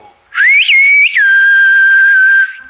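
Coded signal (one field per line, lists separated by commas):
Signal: whistled language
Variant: Silbo Gomero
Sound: a single clear whistle rising twice in quick swoops, then holding a long lower note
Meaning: The name Elena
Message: Elena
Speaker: lo que ustedes van a oír es algo parecido o a Elena o a soleni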